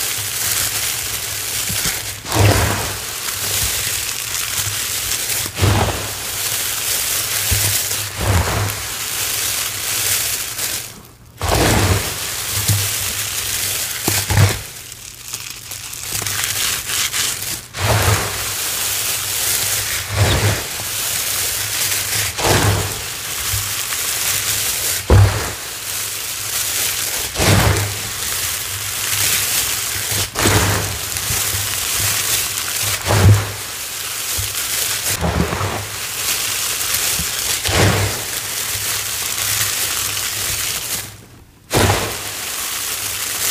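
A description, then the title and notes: Crushing and crumpling of confetti, a dense crackly hiss filling the upper range almost without pause. Sharper bursts land every two to three seconds, with brief near-silent gaps around 11 and 42 seconds, over a steady low hum underneath. 18 Mins of Prep + Confetti Crushes!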